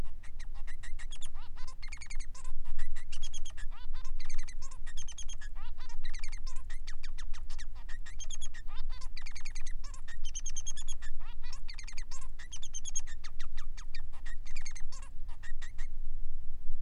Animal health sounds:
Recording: song of a male Bengalese finch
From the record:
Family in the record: son of father 3

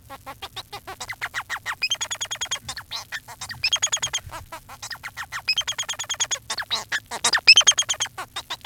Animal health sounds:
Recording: song of a male Bengalese finch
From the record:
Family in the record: son of father 4

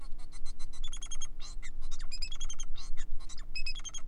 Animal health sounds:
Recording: song of a male Bengalese finch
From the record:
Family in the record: son of father 4

